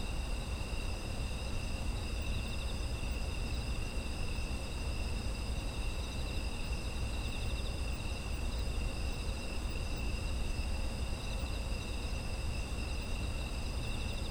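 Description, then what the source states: Insect chorus of constant piercing trills at several pitches, unchanging for the whole stretch, over deep background rumble. Autumn insect ambience.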